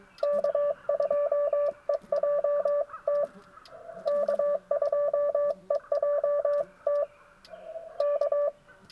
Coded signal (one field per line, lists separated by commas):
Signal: Morse code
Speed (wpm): 22 wpm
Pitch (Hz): 580 Hz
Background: none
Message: K2EJT K2EJT K